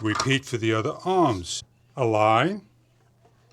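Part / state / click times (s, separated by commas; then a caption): ceiling fan blade arm into the fan motor housing / not seated / none. A blade arm is lined up on the motor housing of a small 25-inch flush-mount ceiling fan with light and remote, 6 speeds, while someone talks through most of the clip. Only faint, brief handling sounds follow near the end, around 3.2 s and 3.5 s. Nothing has snapped or seated yet.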